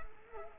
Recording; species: mosquito wingbeat signal from an infrared sensor; Culex quinquefasciatus